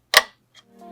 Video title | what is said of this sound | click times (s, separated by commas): The Premier Powerbase - Service Guide | the white connector will also click when fully inserted | 0.2 s